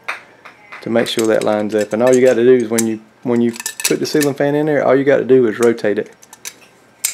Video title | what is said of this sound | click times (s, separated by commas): Hanging Harbor Breeze Ceiling Fan | and you'll feel it click and that keeps your fan stable | 7.1 s